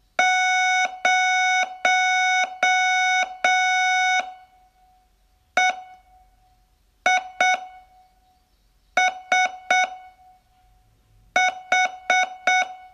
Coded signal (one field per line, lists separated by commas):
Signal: Morse code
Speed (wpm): 7 wpm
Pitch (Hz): 740 Hz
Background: none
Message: 0 E I S H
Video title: Learn Morse in 42 Days from VU2LAU - day11